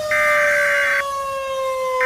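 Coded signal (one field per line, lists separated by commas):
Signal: Emergency Alert System (SAME) tones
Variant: header bursts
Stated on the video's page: Fictional EAS scenario using valid SAME tones; simulated, not a real broadcast.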